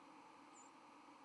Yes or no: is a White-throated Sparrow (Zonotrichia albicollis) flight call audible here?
yes